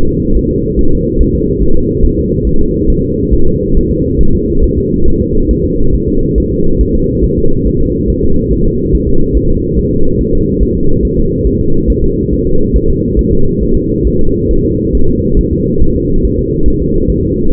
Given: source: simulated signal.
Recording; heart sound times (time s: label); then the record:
fetal heart sounds
0.09 s: S2
0.37 s: S1
0.51 s: S2
0.79 s: S1
0.93 s: S2
1.21 s: S1
1.35 s: S2
1.62 s: S1
1.76 s: S2
2.05 s: S1
2.19 s: S2
2.47 s: S1
2.61 s: S2
2.90 s: S1
3.04 s: S2
3.34 s: S1
3.48 s: S2
3.77 s: S1
3.91 s: S2
4.21 s: S1
4.35 s: S2
4.64 s: S1
4.78 s: S2
5.08 s: S1
5.22 s: S2
5.51 s: S1
5.65 s: S2
5.94 s: S1
6.09 s: S2
6.38 s: S1
6.52 s: S2
6.81 s: S1
6.95 s: S2
7.25 s: S1
7.38 s: S2
7.67 s: S1
7.81 s: S2
8.10 s: S1
8.24 s: S2
8.53 s: S1
8.67 s: S2
8.95 s: S1
9.09 s: S2
9.37 s: S1
9.51 s: S2
9.79 s: S1
9.93 s: S2
10.21 s: S1
10.35 s: S2
10.63 s: S1
10.77 s: S2
11.05 s: S1
11.19 s: S2
11.47 s: S1
11.61 s: S2
11.90 s: S1
12.04 s: S2
12.33 s: S1
12.47 s: S2
12.76 s: S1
12.90 s: S2
13.19 s: S1
13.33 s: S2
13.63 s: S1
13.77 s: S2
14.07 s: S1
14.21 s: S2
14.51 s: S1
14.65 s: S2
14.95 s: S1
15.09 s: S2
15.39 s: S1
15.53 s: S2
15.82 s: S1
15.96 s: S2
16.25 s: S1
16.39 s: S2
16.68 s: S1
16.82 s: S2
17.10 s: S1
17.24 s: S2
17.53 s: S1
From the record:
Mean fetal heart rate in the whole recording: 140 bpm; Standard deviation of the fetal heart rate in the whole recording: 2 bpm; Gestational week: 34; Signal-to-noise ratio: -19.1 dB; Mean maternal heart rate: 72 bpm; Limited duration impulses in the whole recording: present